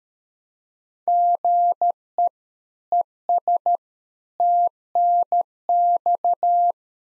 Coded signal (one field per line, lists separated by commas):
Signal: Morse code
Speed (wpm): 13 wpm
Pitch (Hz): 700 Hz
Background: none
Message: GE ES TNX